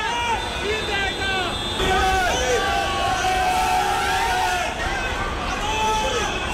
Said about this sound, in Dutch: Maar wat we hier net hoorden was het gejuich van Indiase fans voor het Pakistanse cricketteam.